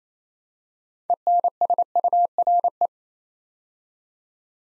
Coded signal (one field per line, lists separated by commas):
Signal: Morse code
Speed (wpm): 28 wpm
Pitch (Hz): 700 Hz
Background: none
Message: ENSURE